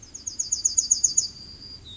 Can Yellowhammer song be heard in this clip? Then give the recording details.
yes. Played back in forest. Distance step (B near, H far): D. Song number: 162